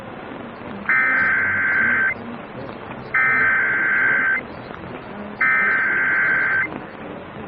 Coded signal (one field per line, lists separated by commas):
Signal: Emergency Alert System (SAME) tones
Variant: header bursts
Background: speech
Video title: A FIRST FOR ME - Southeast Michigan Required Monthly Test (02/15/2022) - EAS #24